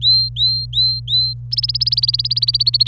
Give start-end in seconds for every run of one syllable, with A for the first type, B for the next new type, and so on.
0.00-1.33 A, 1.51-2.88 B